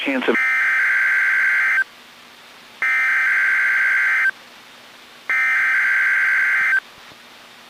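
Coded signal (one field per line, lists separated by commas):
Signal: Emergency Alert System (SAME) tones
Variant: header bursts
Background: speech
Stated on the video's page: NOAA Weather Radio weekly test at 11:05 AM, received on a Midland WR-120 weather radio, audio recorded directly via aux cord.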